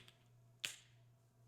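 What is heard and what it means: An auto-injector pen gives a sharp, bright second click at 0.6 s as its plunger reaches the end of its stroke, louder than a faint tick at 0.1 s. The second click signals that the injection is complete, over a steady low hum.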